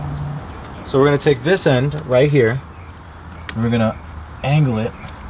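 The end of a Forge Motorsport oil catch can hose's plastic quick connector, on an MK7 GTI, is taken and angled toward the engine breather fitting while someone talks over a steady low hum. Nothing has seated or clicked yet; the part is not home.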